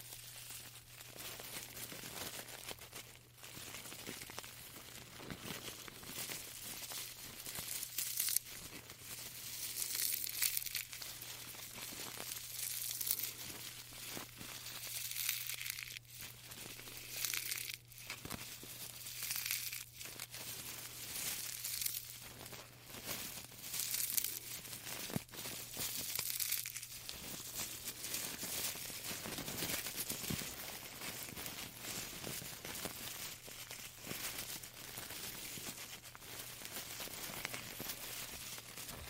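A tea bag is handled, giving dense, bright papery crinkling and rustling in uneven bursts, with brief lulls near 3 and 17 seconds. A steady low hum runs underneath the whole time.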